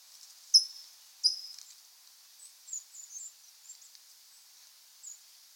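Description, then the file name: California towhee calling two loud, sharp metallic chips close together, followed by a string of fainter high chirping notes over a soft steady hiss. "Melozone crissalis - California Towhee"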